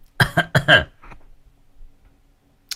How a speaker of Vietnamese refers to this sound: Xin lỗi anh chị em, tại vì hôm nay nếu anh chị em nào tinh tai sẽ nghe ra là tôi đọc là bị vấp, bị khàn, ho rồi.